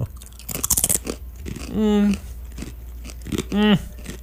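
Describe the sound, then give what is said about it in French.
A burst of crisp, crackly crunching as someone tastes thin, flattened pretzel crisps about one or two millimetres thick, a few quick bites in the first second, followed by two drawn-out hummed vocal sounds of approval. “Oui, on goûte. Craquons. Allons-y, croquons.”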